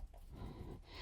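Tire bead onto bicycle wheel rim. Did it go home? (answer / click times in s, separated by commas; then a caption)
no / none. A tire lever works the last stubborn section of a tubeless road tire bead toward the edge of a bicycle wheel rim, producing about a second of low, rumbling handling noise and scuffing. The bead has not popped over or seated onto the rim yet.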